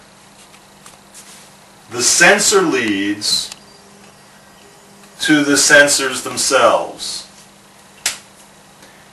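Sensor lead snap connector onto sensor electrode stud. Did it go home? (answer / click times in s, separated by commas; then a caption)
yes / 8.1 s. A biofeedback sensor lead's snap connector is pressed onto the metal stud of a sensor electrode. Someone talks, and then a sharp snap is heard at 8.1 seconds as the connector seats and makes good contact.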